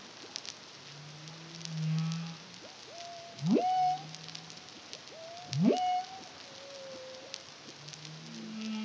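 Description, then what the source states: Humpback whale song: low hums and two fast rising sweeps that level into held tonal notes, over faint crackling. Caribbean, CARIMAM project, 2023.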